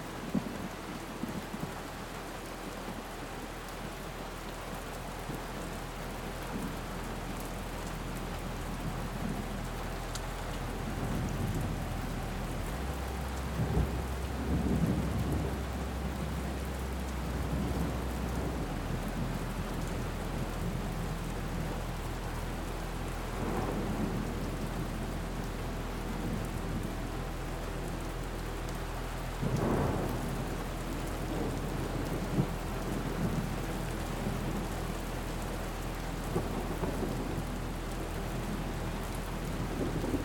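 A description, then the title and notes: Thunder rumbles low and rolling beneath a steady hiss of rain across the whole forty seconds. Deeper swells of thunder build around 13–18 seconds and again near 30 seconds, while a faint, sustained tone lingers thinly in the background. The rumble of thunder meets the delicacy of a soothing melody.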